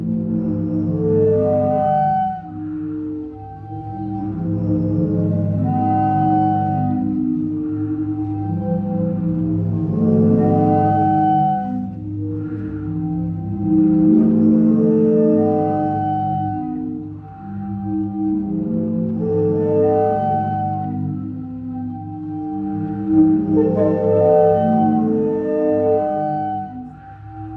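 Sea organ pipes sound a continuous, overlapping chord of soft, hollow tones, mostly low and mid-pitched, swelling and fading in waves every few seconds as the water pushes through. The sound stays mellow and steady throughout, with a faint low rumble underneath.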